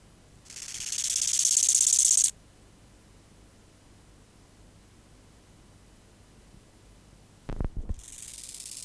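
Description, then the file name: Bow-winged grasshopper song: a crescendo of high, buzzy pulses for about two seconds. After a long pause come a few low knocks, then the next phrase begins. "Chorthippus biguttulus"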